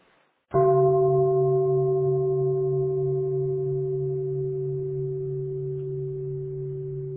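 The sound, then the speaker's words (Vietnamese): A single deep meditation bell is struck once during a Buddhist dharma talk, before a song, its low, steady tone ringing out alone with a few higher overtones and fading only slightly over several seconds. “Mời các vị nghe một tiếng chuông trước ha.”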